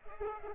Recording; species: mosquito wingbeat signal from an infrared sensor; Culex pipiens